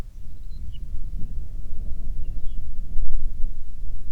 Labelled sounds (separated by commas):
songbird, wind